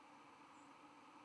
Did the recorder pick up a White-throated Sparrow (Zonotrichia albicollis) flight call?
no